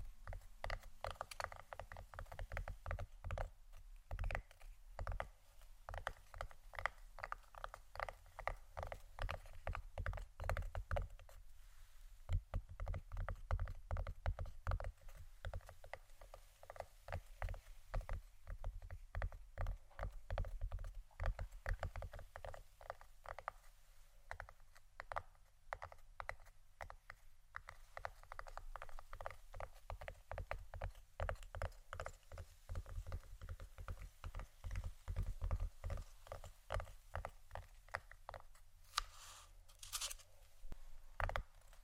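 Tapping continues in fast, irregular bursts of sharp clicks and knocks throughout, with brief pauses and a low rumble underneath.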